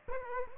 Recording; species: mosquito wingbeat signal from an infrared sensor; Aedes aegypti